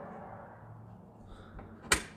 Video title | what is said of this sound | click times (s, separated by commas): Decklid Panel Install on 15-21 Mustang - S550 | heard the one clip | 1.9 s